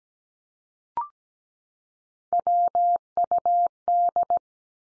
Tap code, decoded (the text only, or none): none